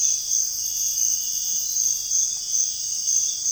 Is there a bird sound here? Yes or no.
no